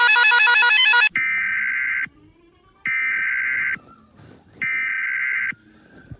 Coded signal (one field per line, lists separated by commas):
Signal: Emergency Alert System (SAME) tones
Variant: header bursts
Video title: Rating Fictional eas Alarms part 16 For @k1necorporationmedia